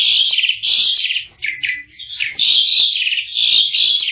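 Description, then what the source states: Asian pied starling singing a dense run of chattering and whistled notes with a few swooping slurs. Song compilation of various birds for tutoring songbirds (masteran).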